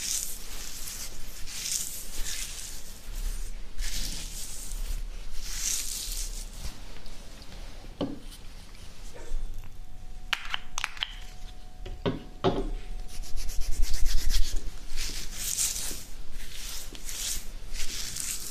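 Beard scratching: repeated bursts of bright, bristly rasping come in waves every second or so, swelling and fading throughout. Around ten to thirteen seconds there are sharper clicks and short scrapes, and a faint steady tone briefly appears beneath them.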